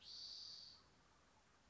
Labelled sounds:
Spotted Towhee
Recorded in Sonoma County, California

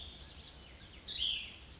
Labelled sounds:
Cassin's Vireo
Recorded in Sonoma County, California

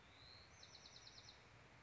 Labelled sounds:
Bewick's Wren
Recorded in Sonoma County, California

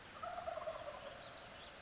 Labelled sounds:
Wild Turkey
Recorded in Sonoma County, California

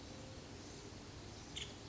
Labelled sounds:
Nuttall's Woodpecker
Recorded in Sonoma County, California

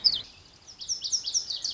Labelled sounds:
Lazuli Bunting
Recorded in Sonoma County, California

